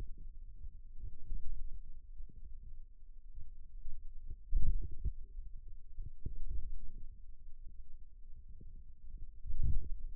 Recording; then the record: forearm muscle sounds (acoustic myography)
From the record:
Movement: wrist flexion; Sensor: system 2, bracelet of six BSWA MPA416 microphones around the upper forearm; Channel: 1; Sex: male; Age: 22 years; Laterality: right